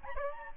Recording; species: mosquito wingbeat signal from an infrared sensor; Aedes albopictus